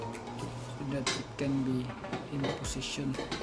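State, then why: Not seated. A part for a garage door opener's rail or guide is handled and placed on top of the rail assembly, to be pressed until it snaps into position, while someone talks over soft knocks and rustles. Nothing has clicked or seated yet.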